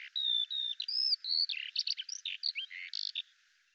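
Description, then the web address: Bird calls, a short sequence of level whistled notes followed by quick chirps and slurred squeaks that fade out near the end. "Deverinetal 2025 File cleaned normalized Bird Al Ar"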